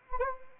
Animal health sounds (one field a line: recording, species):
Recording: mosquito wingbeat signal from an infrared sensor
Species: Anopheles arabiensis